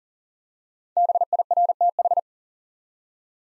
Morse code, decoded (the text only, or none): BIRTH